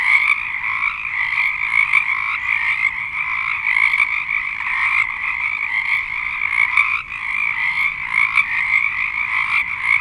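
Many frogs calling together in a continuous trilling chorus, rising and falling slightly in intensity over ten seconds.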